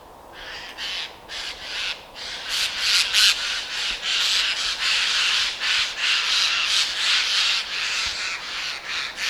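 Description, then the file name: Eurasian jay giving harsh, rasping screeches in a dense run of noisy bursts, continuing almost without pause. "Garrulus glandarius"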